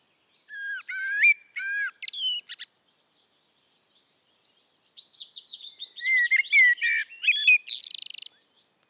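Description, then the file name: Common blackbird song of rich, slurred whistles followed by a long run of fast, high squeaky notes that drop in pitch and end in a scratchy burst. "Turdus merula"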